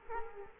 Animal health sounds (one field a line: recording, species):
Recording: mosquito wingbeat signal from an infrared sensor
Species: Culex quinquefasciatus